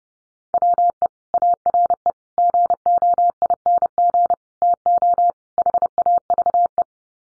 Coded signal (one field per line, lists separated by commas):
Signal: Morse code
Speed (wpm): 30 wpm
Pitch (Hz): 700 Hz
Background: none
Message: WE ARE GOING TO HAVE